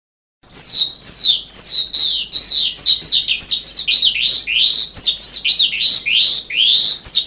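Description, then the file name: Sanma bird song: after a short silence, rapid high descending slurs give way to a varied stream of rising and falling whistled notes. "suara burung sanma"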